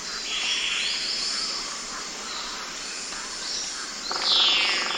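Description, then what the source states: White-crowned manakin calls, thin high slurred notes, the last one loud, set against a constant shrill insect chorus. Eastern Lowlands of South America.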